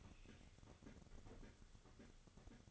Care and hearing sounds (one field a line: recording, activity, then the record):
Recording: daily activity, microphone in the room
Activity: open fridge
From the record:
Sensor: 4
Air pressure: 1008.6 hPa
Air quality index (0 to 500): 73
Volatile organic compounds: 1 ppm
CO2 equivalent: 628 ppm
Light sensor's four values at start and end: 15/34/14/13 and 14/32/13/13